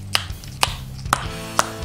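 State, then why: Seated. A steel skateboard bearing is driven into the wheel hub with a screwdriver slid through it and tapped, giving sharp taps at 0.2, 0.6, 1.1 and 1.6 seconds over a low steady hum. The bearing ends up seated, and a hollow sound is the sign that it is properly in place.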